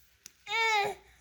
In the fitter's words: see it clicks and then you turn it